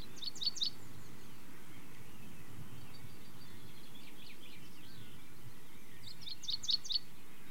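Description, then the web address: Common chaffinch: two short bright bursts of rapid high notes, one near the start and one near the end, with faint notes between over steady low background noise. British bird. "The BBC Sound Effects Library. Chaffinch"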